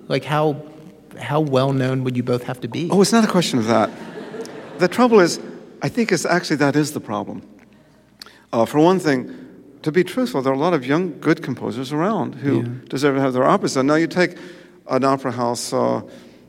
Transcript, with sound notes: Like how well known would you both have to be?
(LAUGHTER)
Oh, it's not a question of that. The trouble is I think it's actually, that is the problem. For one thing, to be truthful there are a lot of young, good composers around who deserve to have their operas done. And now you take an opera house